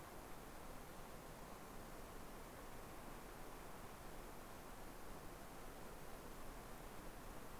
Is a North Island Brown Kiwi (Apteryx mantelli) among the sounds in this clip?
no